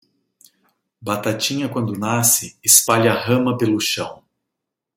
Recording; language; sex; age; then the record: short text; Brazilian Portuguese; male; 50 to 59 years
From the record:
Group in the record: control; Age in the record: 52 years